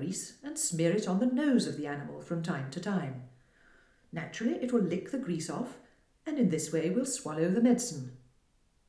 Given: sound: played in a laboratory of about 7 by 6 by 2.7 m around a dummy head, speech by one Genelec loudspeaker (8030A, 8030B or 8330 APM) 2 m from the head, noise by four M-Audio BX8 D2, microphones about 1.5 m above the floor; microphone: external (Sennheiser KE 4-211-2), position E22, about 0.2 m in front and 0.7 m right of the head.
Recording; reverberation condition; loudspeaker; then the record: female speech in English; medium; 60 degrees to the right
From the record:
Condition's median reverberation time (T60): about 510 ms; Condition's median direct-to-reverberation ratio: about -0.5 dB